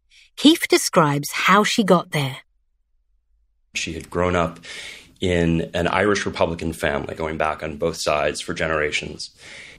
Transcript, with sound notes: Keefe describes how she got there:
(American accent) She’d grown up in an Irish Republican family going back on both sides for generations.